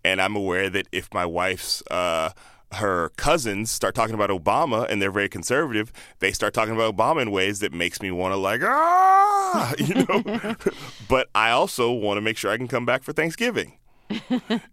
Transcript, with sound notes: And I'm aware that if my wife's, her cousins start talking about Obama, and they're very conservative, they start talking about Obama in ways that makes me want to like - ah, you know.
(LAUGHTER)
But I also want to make sure I can come back for Thanksgiving.